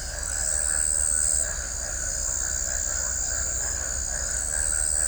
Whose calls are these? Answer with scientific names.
none